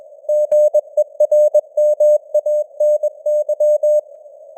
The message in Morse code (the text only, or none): GERMANY